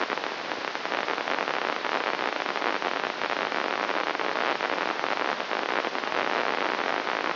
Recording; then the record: brain microelectrode recording played as sound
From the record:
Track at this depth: outside the subthalamic nucleus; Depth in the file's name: -0.284 mm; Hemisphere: left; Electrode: 3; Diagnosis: Parkinson's disease